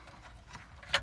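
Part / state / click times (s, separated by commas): wiring harness connector in the back of a factory radio / released / 0.9 s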